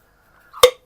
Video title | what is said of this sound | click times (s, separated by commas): Тартар из одесских помидоров и говяжий стейк из вакуума | О, щелкнуло. А теперь откроется. | 0.6 s